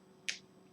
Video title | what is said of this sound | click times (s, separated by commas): VUSE Solo Ecig Review | you hear that little snap going on there and it's in place | 0.3 s